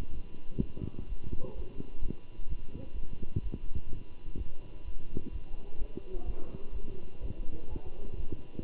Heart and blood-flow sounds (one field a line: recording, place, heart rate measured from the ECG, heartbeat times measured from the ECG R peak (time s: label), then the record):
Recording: heart sounds by stethoscope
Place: between the tricuspid and mitral areas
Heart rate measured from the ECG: 127 bpm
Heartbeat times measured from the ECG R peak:
0.13 s: heartbeat
0.60 s: heartbeat
1.07 s: heartbeat
1.55 s: heartbeat
2.01 s: heartbeat
2.48 s: heartbeat
2.94 s: heartbeat
3.42 s: heartbeat
3.89 s: heartbeat
4.36 s: heartbeat
4.83 s: heartbeat
5.31 s: heartbeat
5.77 s: heartbeat
6.25 s: heartbeat
6.72 s: heartbeat
7.20 s: heartbeat
7.68 s: heartbeat
8.16 s: heartbeat
8.63 s: heartbeat
From the record:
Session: Bruce protocol treadmill stress test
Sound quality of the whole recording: good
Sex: male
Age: 23 years